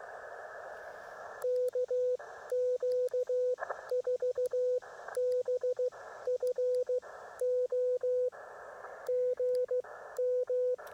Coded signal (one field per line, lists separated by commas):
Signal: Morse code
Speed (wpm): 15 wpm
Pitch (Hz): 500 Hz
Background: radio noise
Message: KQ4BF O GM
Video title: POTA in CW. (before the shut down)